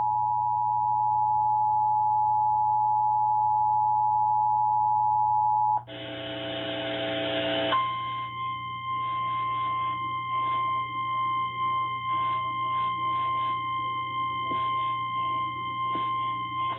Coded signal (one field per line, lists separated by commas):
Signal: Emergency Alert System (SAME) tones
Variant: 853 and 960 Hz attention tone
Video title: (EAS #424-429) Required Monthly tests from 7/5/2022